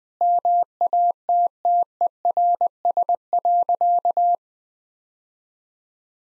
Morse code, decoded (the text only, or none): MATTERS.